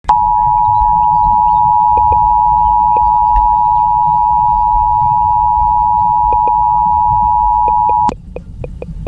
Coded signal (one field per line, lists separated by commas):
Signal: Emergency Alert System (SAME) tones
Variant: 853 and 960 Hz attention tone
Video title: (EAS #1) Central California FLASH FLOOD warning on KALT-FM